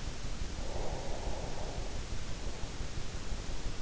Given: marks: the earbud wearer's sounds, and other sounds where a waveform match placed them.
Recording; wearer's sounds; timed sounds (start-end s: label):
sounds in sleep by an in-ear microphone; breath
0.50-3.09 s: breath